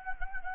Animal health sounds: mosquito wingbeat signal from an infrared sensor; Anopheles gambiae

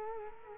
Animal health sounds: mosquito wingbeat signal from an infrared sensor; Culex quinquefasciatus

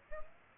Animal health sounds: mosquito wingbeat signal from an infrared sensor; Aedes aegypti

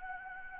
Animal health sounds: mosquito wingbeat signal from an infrared sensor; Anopheles gambiae

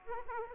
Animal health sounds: mosquito wingbeat signal from an infrared sensor; Aedes aegypti

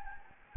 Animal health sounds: mosquito wingbeat signal from an infrared sensor; Anopheles gambiae

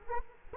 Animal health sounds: mosquito wingbeat signal from an infrared sensor; Culex quinquefasciatus

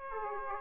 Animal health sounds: mosquito wingbeat signal from an infrared sensor; Aedes aegypti

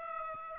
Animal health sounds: mosquito wingbeat signal from an infrared sensor; Aedes aegypti

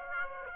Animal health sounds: mosquito wingbeat signal from an infrared sensor; Aedes aegypti

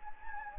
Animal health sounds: mosquito wingbeat signal from an infrared sensor; Anopheles gambiae

